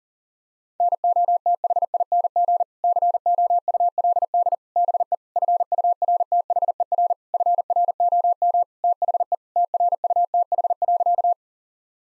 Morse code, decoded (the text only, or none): NOTHING COULD BE FURTHER FROM THE TRUTH.